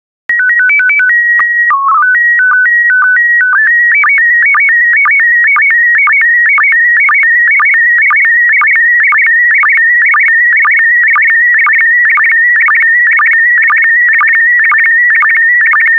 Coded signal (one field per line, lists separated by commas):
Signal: SSTV (slow-scan television)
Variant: PD 120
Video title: 135004 Bald Eagles SSTV PD120